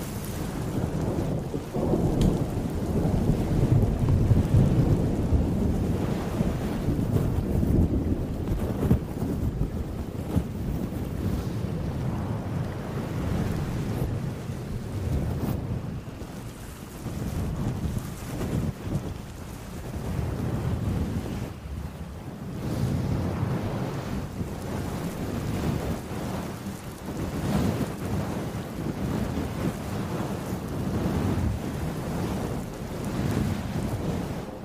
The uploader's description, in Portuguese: fazendo cafuné no seu cabelo em uma noite fria e chuvosa